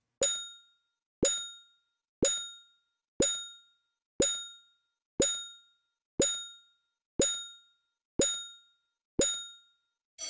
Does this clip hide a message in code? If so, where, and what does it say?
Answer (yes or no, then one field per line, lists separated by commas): no